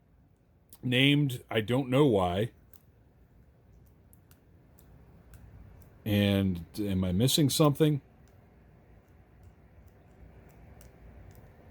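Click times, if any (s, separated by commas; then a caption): none. Someone talks while trying to fit a plastic ripple rocket missile into an action figure's launcher. Small ticks of handling noise are heard between the speech. The rocket has not clicked into place yet.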